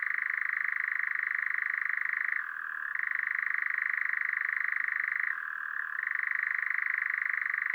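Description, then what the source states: European Nightjar churring, a loud, continuous rattling purr with two short dips in pitch, sounding harsh and overloaded throughout. Newly arrived from Africa among pines and broom; bird perched directly on the microphones, saturating the signal; evening, 8 May 2020, La piste aux Espagnols, Drôme, France; Nagra LB, MKH40 stereo.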